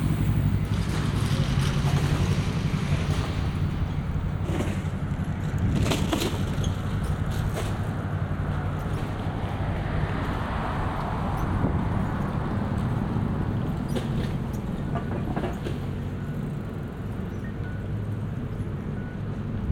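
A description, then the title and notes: A walk through the city, with a dense, steady rumble of traffic filling the low end throughout. Brief sharp clatters and knocks break through around five to seven seconds and again near fourteen seconds, while a softer hiss of passing vehicles swells in the middle. 喧騒と静寂の街を歩く（Binaural）-Walk around the city. バイノーラルで街を歩いてみました。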